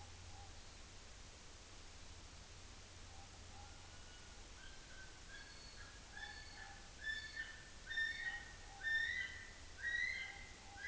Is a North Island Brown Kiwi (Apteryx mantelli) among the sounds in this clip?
yes